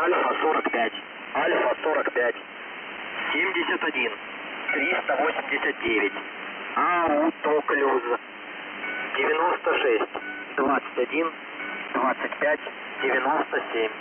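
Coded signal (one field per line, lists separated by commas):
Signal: coded military voice message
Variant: Russian, The Squeaky Wheel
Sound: russian voice reading callsign Alfa-45 and groups of numbers over radio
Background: radio static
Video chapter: 00:06 callsign 00:09 message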